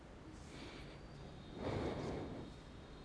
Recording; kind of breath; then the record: one breath in and out by a microphone near the nose and mouth; normal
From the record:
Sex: male